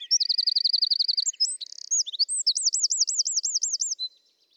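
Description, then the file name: Eurasian wren with a high, energetic song: rapid even trill, short buzzy section, then a string of loping repeated whistled notes. "Troglodytes troglodytes"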